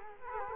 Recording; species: mosquito wingbeat signal from an infrared sensor; Culex quinquefasciatus